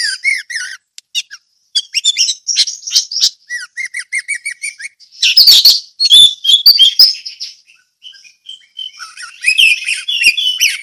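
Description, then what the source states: Orange-headed thrush singing a varied chattering song of quick trills, whistled notes and sharp chips with only brief pauses. Ngeplong song style.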